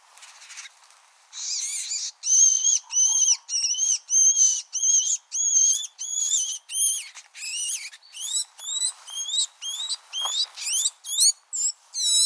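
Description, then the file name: Great tit calls, a long rapid series of high ringing notes, steady at first then becoming quicker and more varied toward the end. "Parus major"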